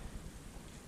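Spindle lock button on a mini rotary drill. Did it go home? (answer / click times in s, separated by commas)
no / none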